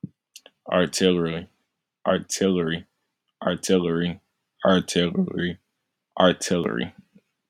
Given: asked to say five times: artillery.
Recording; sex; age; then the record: repeated word; male; 20 to 29 years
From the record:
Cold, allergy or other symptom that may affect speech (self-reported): no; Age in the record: 22 years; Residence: Alabama, United States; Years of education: 16